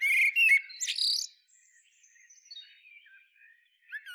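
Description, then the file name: Common blackbird giving one brief warbled phrase ending in a high squeaky flourish, then only faint bird twittering until a short note at the end. "Turdus merula"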